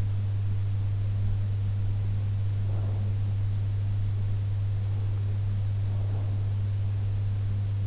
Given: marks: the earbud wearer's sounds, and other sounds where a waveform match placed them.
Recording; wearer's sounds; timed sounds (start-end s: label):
sounds in sleep by an in-ear microphone; breath
2.47-3.51 s: breath
5.61-6.80 s: breath